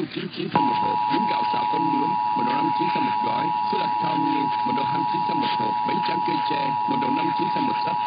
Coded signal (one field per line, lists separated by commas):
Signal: Emergency Alert System (SAME) tones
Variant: 853 and 960 Hz attention tone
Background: speech